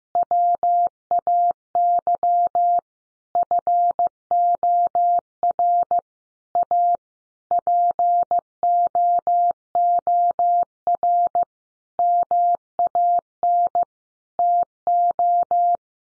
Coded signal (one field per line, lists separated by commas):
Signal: Morse code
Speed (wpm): 15 wpm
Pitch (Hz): 700 Hz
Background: none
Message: WAY FOR A POOR MAN TO